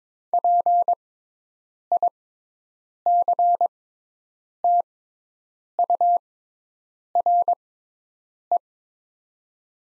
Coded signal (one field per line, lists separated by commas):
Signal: Morse code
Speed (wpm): 22 wpm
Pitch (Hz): 700 Hz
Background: none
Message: PICTURE